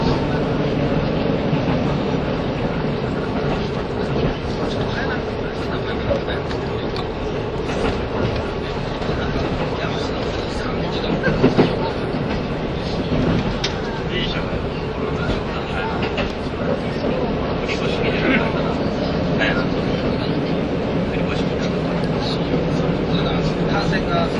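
A train travelling from Nagoya to Toyama rolls on with a steady, dense low rumble that barely changes over the whole stretch. Murmured voices sit in the mix, and a brief sharp knock stands out around the middle.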